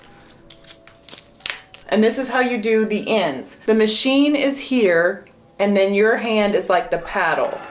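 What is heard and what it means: A plastic length attachment is pushed over the nozzle of a L'Oréal ColorSonic handheld hair-color applicator, with faint tapping and handling sounds before a sharp plastic click at 1.5 seconds. The attachment is seated, though it may be on backwards. Someone then talks for the rest of the clip.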